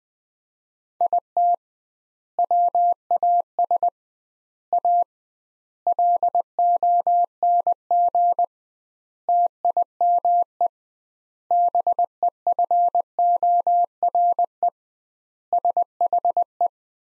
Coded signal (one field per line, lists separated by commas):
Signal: Morse code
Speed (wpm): 20 wpm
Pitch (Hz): 700 Hz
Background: none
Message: IT WAS A LONG TIME BEFORE SHE